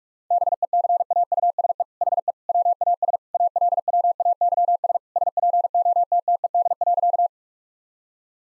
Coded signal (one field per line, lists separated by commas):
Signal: Morse code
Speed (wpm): 46 wpm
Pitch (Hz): 700 Hz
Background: none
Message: BECAUSE HE WAS ALWAYS SPOTTED.